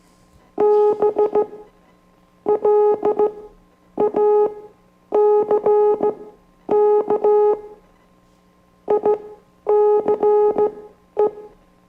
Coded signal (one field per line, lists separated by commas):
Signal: Morse code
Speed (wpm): 15 wpm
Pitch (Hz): 420 Hz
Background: music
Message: BLACK ICE